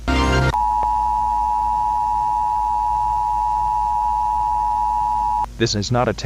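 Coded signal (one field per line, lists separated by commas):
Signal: Emergency Alert System (SAME) tones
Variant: 853 and 960 Hz attention tone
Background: speech, music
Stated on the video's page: Fictional EAS scenario depicting an alternate-history nuclear war threat, not a real broadcast.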